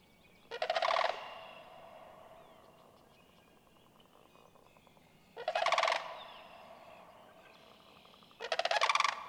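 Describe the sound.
Sandhill crane trumpeting rattles, three rolling bursts with a long gap then a shorter one.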